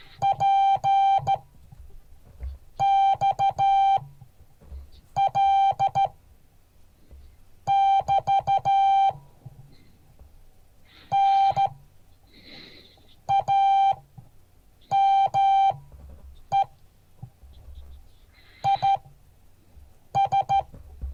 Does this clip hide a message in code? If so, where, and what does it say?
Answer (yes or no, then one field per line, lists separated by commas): yes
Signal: Morse code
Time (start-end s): 0.2-20.6 s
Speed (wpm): 13 wpm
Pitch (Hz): 790 Hz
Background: none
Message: PXL <BT> NAME IS